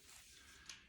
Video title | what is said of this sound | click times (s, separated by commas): Brenter C4 Assembly Video | then just slide it in until it clicks. | 0.7 s